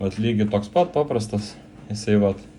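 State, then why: Not seated. A standard compressor air hose coupling is handled at an irrigation system's blow-out fitting, ready to be pushed on so the lines can be cleared of water for winter. Someone talks throughout, with no sharp impacts heard. Nothing has seated or clicked yet.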